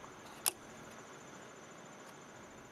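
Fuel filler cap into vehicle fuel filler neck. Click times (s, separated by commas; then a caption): 0.5 s. A Toyota Sienna's existing plastic fuel filler cap is unscrewed from the vehicle's fuel filler neck and screwed back on until its torque-limiting ratchet clicks. This is done to fix the traction control off and check engine lights. A single sharp, bright click sounds at 0.5 s over a steady, quiet background hiss, confirming the cap is tightened.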